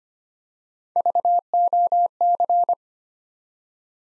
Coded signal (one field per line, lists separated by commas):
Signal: Morse code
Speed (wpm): 25 wpm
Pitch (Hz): 700 Hz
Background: none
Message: VOC